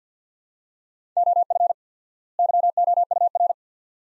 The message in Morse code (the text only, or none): OF YOUR